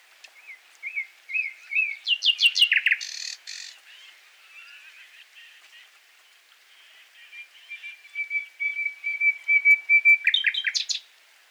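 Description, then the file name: Common nightingale song: repeated whistled notes leading to a loud rattling burst, a pause of soft sounds, then a long steady whistle and another sharp flourish. "Luscinia megarhynchos"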